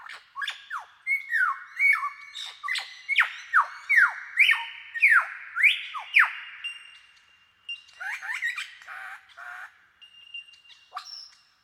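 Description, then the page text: Superb lyrebird song: a rapid run of loud, ringing, up-and-down whistled notes, then a jumble of varied chirps and a thin high whistle. "Большая птица-лира - Superb Lyrebird (Menura novaehollandiae)"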